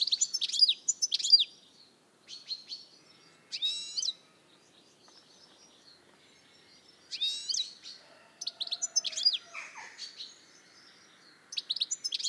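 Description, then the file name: European goldfinch producing scattered bursts of twittering notes, with quiet pauses between phrases. "Carduelis carduelis"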